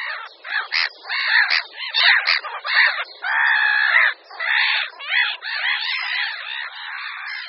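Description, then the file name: Black-headed gull giving raucous, grating calls, several short squawks followed by longer drawn-out harsh cries. "Racek-chechtavý"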